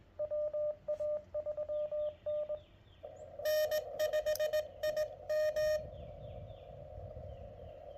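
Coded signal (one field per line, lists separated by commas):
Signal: Morse code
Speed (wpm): 22 wpm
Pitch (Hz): 590 Hz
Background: none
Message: WA3N N5IM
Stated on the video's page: Park activation in CW with QRPLabs QMX, paddle, JPC7 dipole, solar battery.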